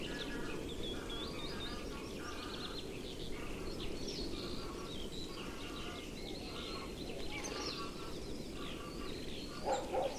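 Bird calls: a busy mix of high chirps and short mid-pitched note groups recurring throughout, over a strong low rumbling background noise.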